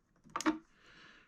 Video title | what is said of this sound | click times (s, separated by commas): I already broke my Jeep Wrangler 392... (Jeep Wrangler Rearview Camera Replacement) | there we go I heard a click into place | 0.4 s